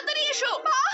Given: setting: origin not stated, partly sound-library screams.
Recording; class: one-second piece from a danger detection set; woman in danger